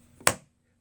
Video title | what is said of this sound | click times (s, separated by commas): SAMSUNG GALAXY BUDS | Okay, got a nice click sound to it. | 0.3 s